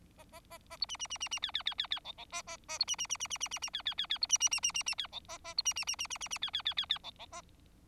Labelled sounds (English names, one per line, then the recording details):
Bengalese Finch song
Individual Bird4